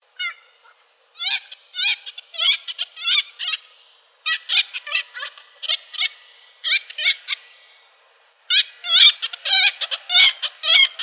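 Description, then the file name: Pomarine skua giving harsh, nasal, chattering calls in quick bursts, grouped in runs of several notes separated by short pauses. "Pomornik srednij"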